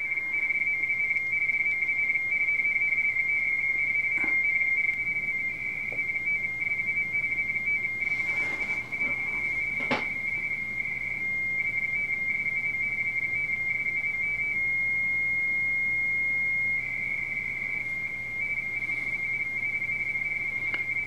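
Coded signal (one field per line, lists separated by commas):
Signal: RTTY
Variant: 170 Hz shift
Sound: continuous rapid two-tone warbling teletype chatter with occasional clicks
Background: radio static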